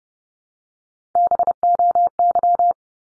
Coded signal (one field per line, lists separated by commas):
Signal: Morse code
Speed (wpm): 28 wpm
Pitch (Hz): 700 Hz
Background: none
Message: BOY